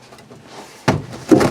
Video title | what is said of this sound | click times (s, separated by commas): 1968 Mustang G.T. - Spirit of Bullitt | just the standard back seats and that locks in place so very cool | 0.9 s